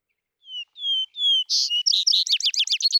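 Vesper sparrow song: three clear, slurred whistles, then a buzzy note and a rapid jumbled trill that runs to the end.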